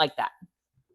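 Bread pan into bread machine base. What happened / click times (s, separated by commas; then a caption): The pan is being handled and has not yet locked in / none. A bread pan is pushed down into the base of a lower-cost, double-paddle bread machine while someone talks briefly at the start. Soft low handling thumps follow around 0.4 s and 0.8 s, then quiet. Nothing has seated or clicked yet.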